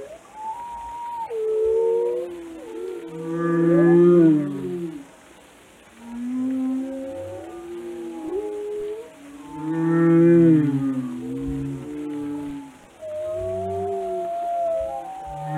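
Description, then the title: Whale moans in two swelling bursts about six seconds apart, deep buzzy tones topped by wavering whistles, with quieter gliding calls between. "Whale Watching: A Close Encounter with the Giants of the Sea"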